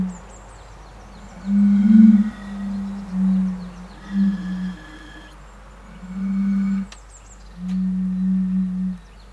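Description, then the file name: European fire-bellied toads calling, low soft hoots in a sequence of short and longer notes. "cnv 08-henrik olsson anders dahl - bombina bombina"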